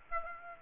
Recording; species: mosquito wingbeat signal from an infrared sensor; Aedes aegypti